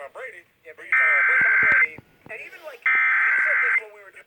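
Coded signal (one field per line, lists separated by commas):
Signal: Emergency Alert System (SAME) tones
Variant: header bursts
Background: speech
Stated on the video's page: Monthly test alerts recorded off FM broadcast stations in Georgia.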